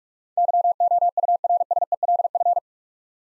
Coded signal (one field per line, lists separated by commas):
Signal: Morse code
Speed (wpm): 44 wpm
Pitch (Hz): 700 Hz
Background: none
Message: YOURSELF